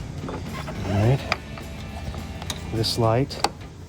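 A small light is handled at its mount on the headlight housing of a 2013-2014 F-150 APEX Series Light Bar Projector Headlight during installation. Someone talks while brief handling taps and knocks occur, the sharpest around 2.4 and 2.5 s. Nothing has seated or clicked into place yet.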